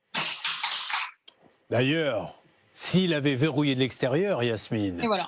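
A door that was slammed shut but not locked is opened without removing the lock, as its spring latch bolt releases from the strike plate. A burst of noisy handling at the start is followed by a sharp hit at 1.3 s as the latch pops free. After that, someone talks.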